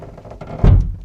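The automatic rear tailgate lock in a van body is pushed from inside and releases with a thunk at 0.4 s, showing the door can be opened from inside. A heavier, louder low thud follows around 0.6 to 0.8 s.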